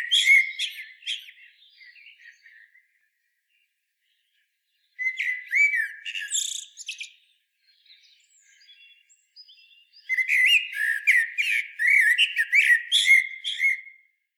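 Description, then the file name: Eurasian blackbird singing three rich warbling phrases of mellow whistles and high chattering twitters, separated by pauses, with faint quiet twittering in the second pause. "Turdus merula"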